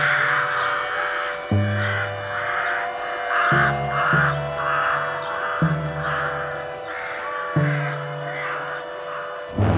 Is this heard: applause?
no